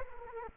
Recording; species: mosquito wingbeat signal from an infrared sensor; Culex quinquefasciatus